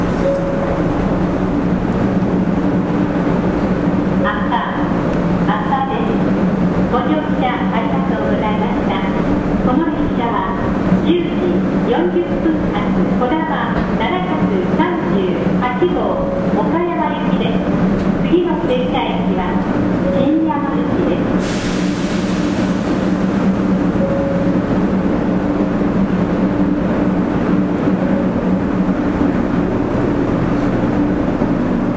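Running sound of a Shinkansen 500 series train: a steady low rumble and hum that stays even for the whole half minute. Voices talk over it from about 4 to 21 seconds, then the ride continues with a brighter hiss and no speech.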